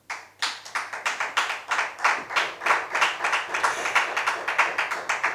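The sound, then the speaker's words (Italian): A small group claps steadily for several seconds, individual handclaps clearly distinguishable in a quick, uneven rhythm, with no voices over it. The applause answers a call to clap by those who want to hear more stories about the snowfall of 1985. “Allora, chi vuole conoscere altre tante piccole storie sulla nevicata dell'85, applauda.”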